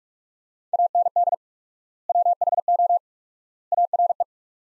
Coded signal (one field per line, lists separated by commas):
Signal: Morse code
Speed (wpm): 42 wpm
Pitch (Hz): 700 Hz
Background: none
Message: AND WHO ARE